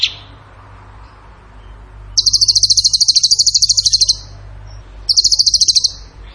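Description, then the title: Bird singing two bursts of very rapid, high, machine-gun-like trills, the first about two seconds long, the second shorter, with quiet gaps between. Masteran training recording, tembakan gacor song style. "Masteran Burung Tembakan Gacor"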